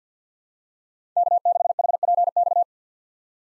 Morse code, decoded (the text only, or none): K6HPX